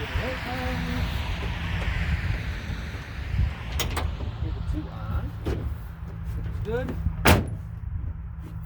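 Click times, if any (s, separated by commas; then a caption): 7.3 s. A truck bed component on a Ford F150 is pushed home into its mount during bed installation, and someone talks over a low steady hum. A sharp hit at 3.8 seconds is followed by a loud snap at 7.3 seconds as the part seats in place and lines up.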